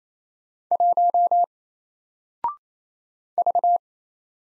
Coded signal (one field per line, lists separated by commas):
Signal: Morse code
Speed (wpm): 27 wpm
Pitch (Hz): 700 Hz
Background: none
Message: 1 V